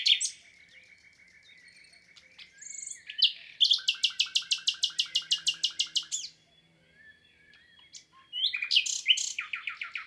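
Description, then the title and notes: Common nightingale song with varied phrases and a long, rapid, evenly repeated series of loud chopping notes, broken by pauses, then a fresh burst of trills. Wild bird in song, 22 April 2020, Lesches-en-Diois, France; spring arrival season; recorded amid silence from people, Nagra Seven recorder with MKH8040 stereo microphones. "LE TÉNOR DES LISIÈRES. 22 avril 2020-Lesches en diois. chant du Rossignol Philomène (Luscinia megarhynchos)"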